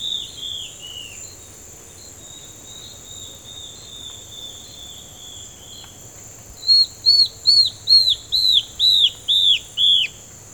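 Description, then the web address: Yellow-browed antbird song: faint falling whistles at first, then a loud run of nine arched, down-slurred whistled notes at a steady quick pace, over a constant high hum. "Yellow browed antbird. پرنده-مورچه-مرغ-ابرو-زرد"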